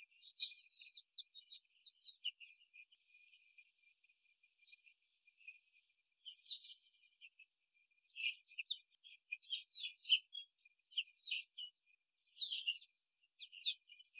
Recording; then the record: young laying hens in a cage, short pieces joined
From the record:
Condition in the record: after the stressor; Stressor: simulated dog barking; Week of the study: 3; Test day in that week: 1